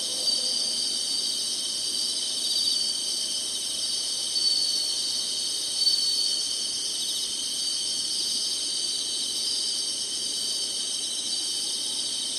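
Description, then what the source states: Insect chorus, a steady high hissing trill, nearly even throughout with a few brief louder moments early on. Singing insects in summer.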